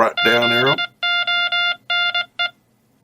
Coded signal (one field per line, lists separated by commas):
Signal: Morse code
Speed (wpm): 21 wpm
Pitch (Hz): 2100 Hz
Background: speech, music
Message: ZONE